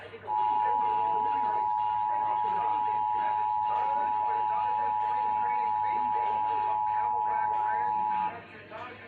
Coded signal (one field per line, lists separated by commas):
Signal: Emergency Alert System (SAME) tones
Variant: 853 and 960 Hz attention tone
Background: speech